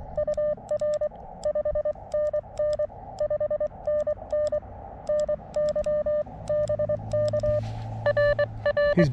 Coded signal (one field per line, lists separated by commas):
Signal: Morse code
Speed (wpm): 23 wpm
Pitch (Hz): 600 Hz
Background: speech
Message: UR 5NN 5NN NY BK RR